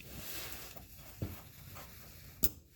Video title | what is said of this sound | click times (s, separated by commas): Skip Shift Eliminator Install also Got the Windows Tinted | So yeah, there we go, audible click, it's in, perfect. | 2.4 s